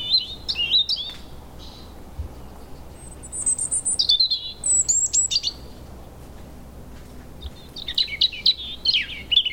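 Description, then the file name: European robin song: rapid liquid warbles opening, then very high thin notes sliding downward, and a final tumbling run of twittered phrases. "Erithacus rubecula"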